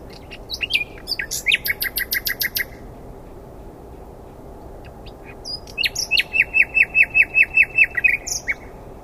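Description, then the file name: Common nightingale song in two bursts of quick, evenly repeated notes, about three seconds apart, the second ending in a loud run of repeated notes. "Luscinia megarhynchos"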